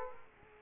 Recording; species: mosquito wingbeat signal from an infrared sensor; Culex quinquefasciatus